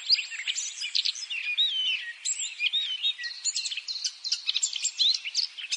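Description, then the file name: Eurasian blackcap song, a tangled warble of high twitters and short whistled slides running without a break for nearly six seconds. "Sylvia atricapilla"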